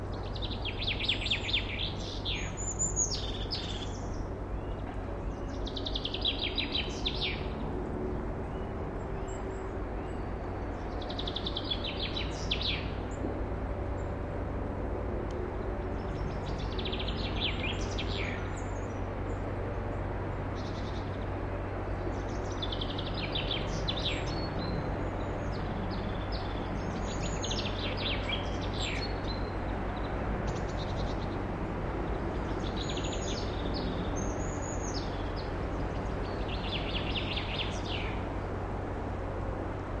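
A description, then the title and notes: Birds sing in a Black Forest nature reserve as the woods wake up, bright chirps and trilled phrases arriving every few seconds throughout. Beneath them runs a constant low hum, steady and unchanging, with a faint wash of background noise. Heute nehme ich Euch mit in ein Naturschutzgebiet im Schwarzwald. A nature reserve in the Black Forest.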